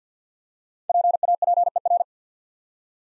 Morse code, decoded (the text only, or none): PAPER